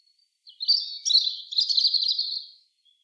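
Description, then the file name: European robin song in one continuous run of high, tinkling, rapid warbling notes about two seconds long, with nothing else audible. "Erithacus rubecula"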